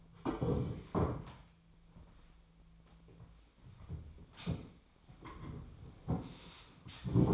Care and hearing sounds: daily activity, microphone in the room; sit down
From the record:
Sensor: 1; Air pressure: 1008.1 hPa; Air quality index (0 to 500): 191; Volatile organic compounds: 17 ppm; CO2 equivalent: 2582 ppm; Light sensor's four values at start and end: 13/33/13/15 and 13/34/13/15

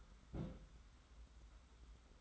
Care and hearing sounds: daily activity, microphone in the room; place on stove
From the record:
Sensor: 3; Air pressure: 991.1 hPa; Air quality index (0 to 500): 103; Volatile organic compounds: 37 ppm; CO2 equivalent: 3104 ppm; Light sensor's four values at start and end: 44/124/50/44 and 44/124/50/44

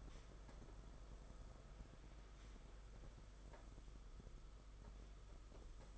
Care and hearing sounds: daily activity, microphone in the room; sweep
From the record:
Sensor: 5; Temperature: 22.1 degrees Celsius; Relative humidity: 50.0%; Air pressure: 991.5 hPa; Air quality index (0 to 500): 120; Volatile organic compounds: 44 ppm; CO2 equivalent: 3207 ppm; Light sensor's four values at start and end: 42/133/50/54 and 42/133/50/54

